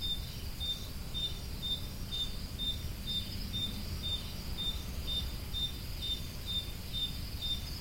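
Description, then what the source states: Cricket chirps, brief high-pitched pulses repeated roughly twice a second, with a continuous low hum of background noise underneath. Crickets recorded at Roodekopjes.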